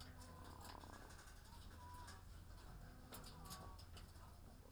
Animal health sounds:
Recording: poultry house recording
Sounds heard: sick chickens (respiratory disease)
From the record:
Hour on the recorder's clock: 15

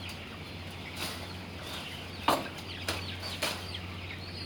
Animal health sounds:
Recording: poultry house recording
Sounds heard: healthy chickens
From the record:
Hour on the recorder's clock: 10

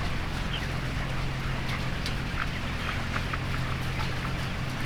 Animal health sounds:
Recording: poultry house recording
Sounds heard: healthy chickens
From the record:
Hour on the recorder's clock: 15

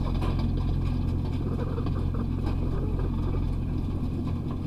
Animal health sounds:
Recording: poultry house recording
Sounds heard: sick chickens (respiratory disease)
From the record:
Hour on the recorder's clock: 19

